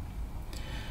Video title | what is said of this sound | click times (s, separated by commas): Acer Aspire ES15 Laptop, ES 15, ES, ES1, 522 Upgrade Memory and SSD Install, Replace RAM, Hard Drive | And then what you're gonna do is you're just gonna push that down and it's gonna click into place like that. | 0.6 s